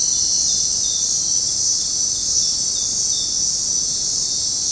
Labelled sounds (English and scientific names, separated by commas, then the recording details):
none
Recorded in dense forest near Puerto Asís, Putumayo, Colombia, on 18 February 2024 at 19:30
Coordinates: 0.503, -76.322
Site G6418